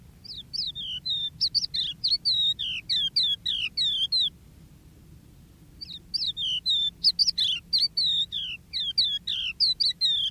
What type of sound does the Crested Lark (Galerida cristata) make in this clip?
song